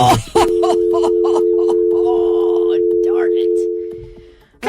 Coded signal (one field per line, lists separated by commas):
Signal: telephone call progress tone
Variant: North America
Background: speech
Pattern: dial tone